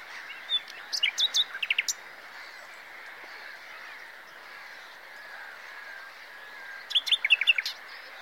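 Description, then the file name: Common nightingale song in two bursts of sharp, chattering notes separated by several seconds of quiet background noise. "Luscinia megarhynchos"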